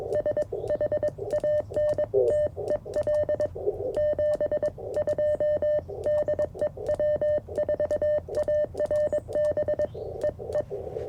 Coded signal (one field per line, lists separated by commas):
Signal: Morse code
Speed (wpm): 22 wpm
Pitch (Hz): 600 Hz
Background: radio noise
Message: SHANTEL 72 DE W4ARB EE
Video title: CFT1 by KM4CFT First Impressions - & QRP CW POTA